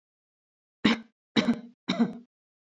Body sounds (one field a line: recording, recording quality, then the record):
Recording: shallow voluntary cough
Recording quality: excellent, no background noise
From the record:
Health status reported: healthy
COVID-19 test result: not tested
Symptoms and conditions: none ticked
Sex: female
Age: 54 years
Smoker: not ticked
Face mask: not worn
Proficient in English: yes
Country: France